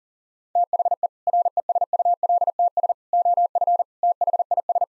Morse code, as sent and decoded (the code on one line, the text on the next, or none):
- .... . / .-. . ... ..- .-.. - ... / --- ..-. / - .... .. ...
THE RESULTS OF THIS